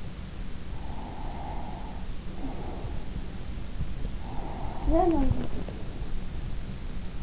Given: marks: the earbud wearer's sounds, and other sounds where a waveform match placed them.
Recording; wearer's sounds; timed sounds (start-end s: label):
sounds in sleep by an in-ear microphone; breath
0.71-3.17 s: breath
3.99-5.79 s: breath
4.89-5.42 s: sound from someone else or the room